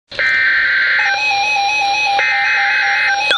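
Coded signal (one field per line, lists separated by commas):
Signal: Emergency Alert System (SAME) tones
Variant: header bursts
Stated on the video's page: Special marine warnings from a Sterling, Virginia forecast office, received on Midland WR-100, Radioshack 12-993 and Radioshack 12-382 weather radios.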